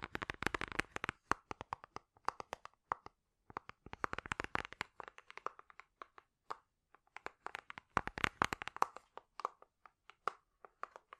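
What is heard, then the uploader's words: Quick tapping comes in bursts, each one a dense flurry of sharp, dry clicks, around the start, near four seconds and again near eight. Between the flurries, single taps fall sparser and softer. The clicks are crisp, centered in the middle range, with nothing else behind them. ASMR Great Tapping Sounds for Sleep (No Talking).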